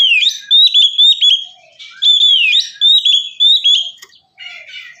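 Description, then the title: Oriental magpie-robin song of clear whistles with downslurred and rising notes in repeated short phrases, then a quieter scratchy ending. "kacer"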